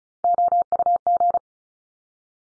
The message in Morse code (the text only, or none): OUG